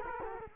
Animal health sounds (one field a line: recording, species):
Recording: mosquito wingbeat signal from an infrared sensor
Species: Culex quinquefasciatus